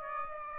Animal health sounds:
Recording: mosquito wingbeat signal from an infrared sensor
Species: Aedes aegypti

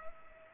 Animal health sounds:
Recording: mosquito wingbeat signal from an infrared sensor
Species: Culex pipiens

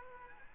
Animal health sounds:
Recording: mosquito wingbeat signal from an infrared sensor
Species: Aedes aegypti

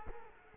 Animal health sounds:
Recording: mosquito wingbeat signal from an infrared sensor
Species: Culex quinquefasciatus

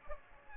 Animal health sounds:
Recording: mosquito wingbeat signal from an infrared sensor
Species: Aedes aegypti

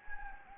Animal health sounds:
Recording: mosquito wingbeat signal from an infrared sensor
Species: Anopheles gambiae

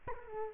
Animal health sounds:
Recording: mosquito wingbeat signal from an infrared sensor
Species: Culex quinquefasciatus

